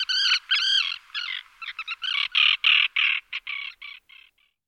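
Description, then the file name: Common tern giving rasping, buzzy calls in a quick uneven series, the last few softer. "sterna hirundo"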